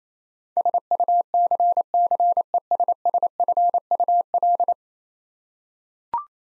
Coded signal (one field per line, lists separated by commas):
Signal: Morse code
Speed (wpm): 28 wpm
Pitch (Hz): 700 Hz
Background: none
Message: SUCCESSFUL